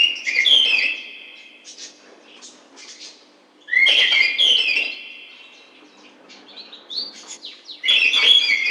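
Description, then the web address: Bird song in bursts of bright chirps and whistled, slightly falling notes, a loud phrase every few seconds with softer twitters between. "птицы"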